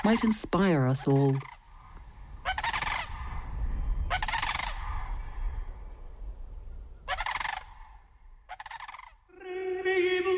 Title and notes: Celebrate the return of the common crane to Ireland in this week’s Nature File